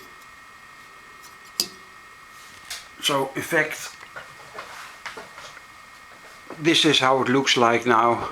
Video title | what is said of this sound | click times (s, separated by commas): Assembling and installation of a ceiling fan | you hear a click and it falls a few mm lower and then it is fit. | 1.6 s